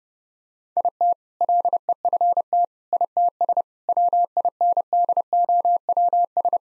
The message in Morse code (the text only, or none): IT LEFT ITS WINDOWS